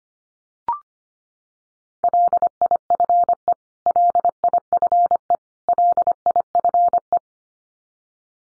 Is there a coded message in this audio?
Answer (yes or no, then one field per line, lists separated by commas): yes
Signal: Morse code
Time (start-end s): 2.0-7.2 s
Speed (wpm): 25 wpm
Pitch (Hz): 700 Hz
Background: none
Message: LIFE LIFE LIFE